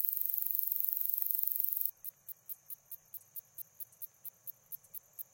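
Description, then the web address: Slender meadow katydid singing, a thin high buzz for two seconds that breaks into a series of separate sharp ticks repeated about four times a second. "The Songs of Insects. Slender Meadow Katydid"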